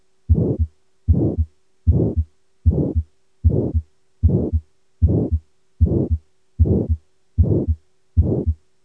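Adult heart heard through a stethoscope: regular beats at about 76 a minute, each filled by a rough murmur of aortic stenosis.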